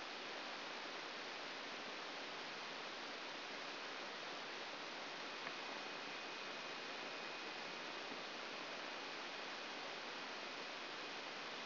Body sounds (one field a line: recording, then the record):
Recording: brain microelectrode recording played as sound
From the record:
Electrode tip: outside the subthalamic nucleus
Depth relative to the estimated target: -3 mm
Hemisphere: left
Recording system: AlphaMap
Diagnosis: Parkinson's disease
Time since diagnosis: 12 years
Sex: male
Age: 57 years